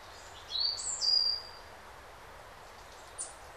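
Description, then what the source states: Bird song, a few high whistled notes in a short burst, then a single thin chirp later against steady background hiss. Several birds singing in a calm forest during the day.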